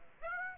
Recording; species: mosquito wingbeat signal from an infrared sensor; Aedes aegypti